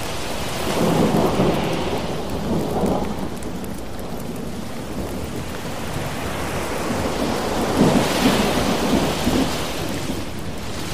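A thunderstorm with steady rain hissing throughout. Low rumbles of thunder swell around the first three seconds and again near eight to ten seconds, with brighter crackling peaks, while the dense rain wash holds constant between them.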